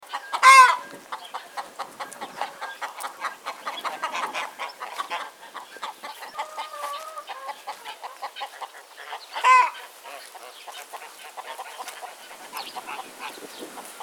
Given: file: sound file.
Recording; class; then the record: poultry; chicken clucking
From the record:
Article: Edge intelligence for poultry welfare: Utilizing tiny machine learning neural network processors for vocalization analysis